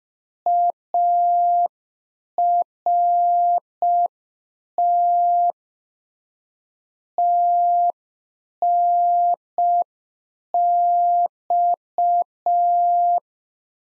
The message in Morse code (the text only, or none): ART TNX